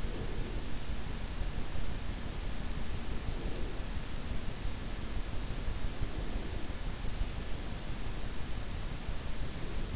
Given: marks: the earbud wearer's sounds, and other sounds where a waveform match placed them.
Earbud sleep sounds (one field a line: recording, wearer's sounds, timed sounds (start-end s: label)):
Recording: sounds in sleep by an in-ear microphone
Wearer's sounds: breath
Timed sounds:
0.00-0.73 s: breath
3.26-3.81 s: breath